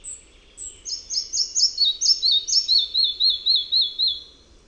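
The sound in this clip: Red-breasted flycatcher singing: two high thin whistles open, followed by a rhythmic string of bright double notes sliding steadily lower through the phrase.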